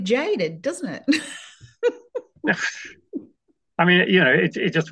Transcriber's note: laughs